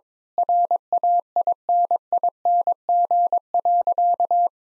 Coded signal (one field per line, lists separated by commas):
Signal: Morse code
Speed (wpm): 22 wpm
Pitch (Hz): 700 Hz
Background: none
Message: RAINING.